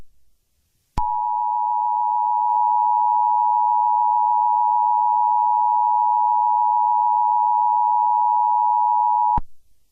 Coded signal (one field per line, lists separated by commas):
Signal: Emergency Alert System (SAME) tones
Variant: 853 and 960 Hz attention tone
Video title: EAS Scenario 1:Silent Night (do not play this over the air or you will get a copyright strike.)